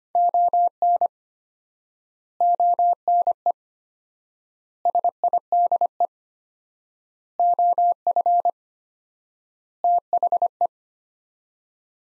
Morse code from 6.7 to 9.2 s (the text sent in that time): OF